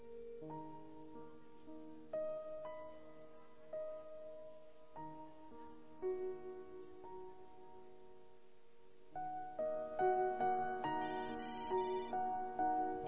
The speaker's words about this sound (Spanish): Se sorprendió cuando su celular sonó insistentemente.